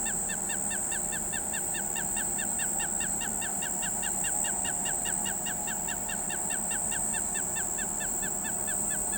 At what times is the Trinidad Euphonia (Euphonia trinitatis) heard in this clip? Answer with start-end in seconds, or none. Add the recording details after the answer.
none. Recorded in pastures near Pivijay, Magdalena, Colombia, on 15 April 2023 at 04:30. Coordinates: 10.456, -74.369. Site P6-G026